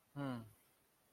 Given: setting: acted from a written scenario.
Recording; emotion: vocal sound without words; embarrassment